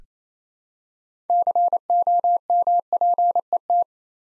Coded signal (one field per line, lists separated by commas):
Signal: Morse code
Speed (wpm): 28 wpm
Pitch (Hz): 700 Hz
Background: none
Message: COMPET